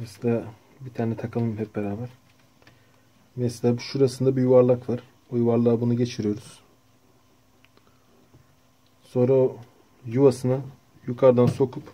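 On a 1912 Mercedes No. 3 typewriter under repair, a key part is threaded over a round pivot and lined up before it goes into its slot from above, while someone talks. Faint handling ticks come at about 2.6 s and 7.7 s. Nothing has seated or clicked into place yet.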